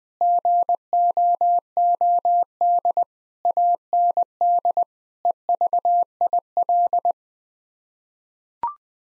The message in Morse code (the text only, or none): GOOD AND EVIL